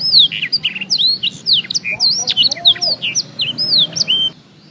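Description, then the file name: Black-throated canary song, a fast continuous run of high sweeping and down-slurred notes with sharp chips, stopping abruptly near the end. Full song. "audio kenari new obelix jr full blackthroat"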